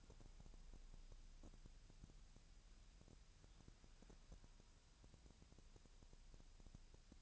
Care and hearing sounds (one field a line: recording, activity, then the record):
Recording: daily activity, microphone in the room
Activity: wipe stove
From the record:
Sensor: 2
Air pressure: 1000.4 hPa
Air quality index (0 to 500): 172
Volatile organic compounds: 3 ppm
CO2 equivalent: 1429 ppm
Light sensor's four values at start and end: 10/24/10/11 and 10/24/10/11